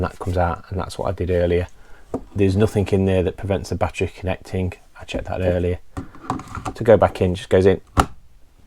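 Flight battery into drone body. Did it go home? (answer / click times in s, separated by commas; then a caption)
yes / 8.0 s. The intelligent flight battery of a DJI Mavic Air 2 drone is pushed back into the drone body and pressed down until it seats, while someone talks throughout. A few soft knocks come around 6.0 to 6.7 seconds, then a sharp click at 8.0 seconds as the battery locks home.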